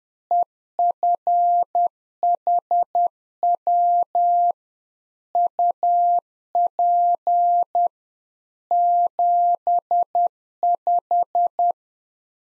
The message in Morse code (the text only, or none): EFHW UP 75